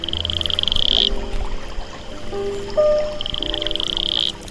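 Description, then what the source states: French Guiana harlequin toad song: high, fast pulsed trills lasting about a second each, repeated after a gap, with low rumbling and faint tonal sounds beneath. Males sing along a river in French Guiana's equatorial forest in the rainy season, each on its own 5 to 10 square metre territory; probably gravid females choose a mate by song quality.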